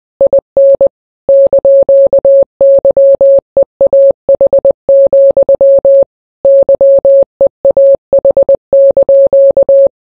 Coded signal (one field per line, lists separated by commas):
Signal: Morse code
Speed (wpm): 20 wpm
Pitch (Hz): 550 Hz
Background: none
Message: IN )YEAH, YEAH)